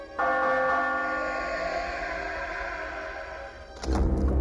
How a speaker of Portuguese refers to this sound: Vá lá, Sebastião. Até eu tenho coragem para tocar a campainha.